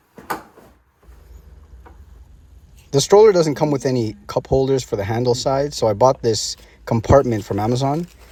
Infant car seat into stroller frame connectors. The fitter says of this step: Attaching the Snug Ride car seat was easy thanks to the Click Connect system. You hear a click, you know it's secure. No second guessing.